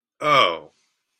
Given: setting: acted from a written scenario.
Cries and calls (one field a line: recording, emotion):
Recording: vocal sound without words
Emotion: disgust